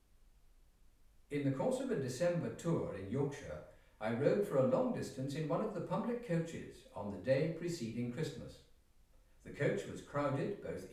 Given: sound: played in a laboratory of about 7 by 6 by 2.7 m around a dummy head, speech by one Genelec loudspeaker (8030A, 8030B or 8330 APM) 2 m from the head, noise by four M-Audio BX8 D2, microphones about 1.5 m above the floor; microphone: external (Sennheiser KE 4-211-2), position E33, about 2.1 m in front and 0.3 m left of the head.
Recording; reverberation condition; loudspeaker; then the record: male speech in English; medium; 120 degrees to the left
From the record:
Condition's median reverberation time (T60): about 510 ms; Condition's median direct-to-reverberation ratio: about -0.5 dB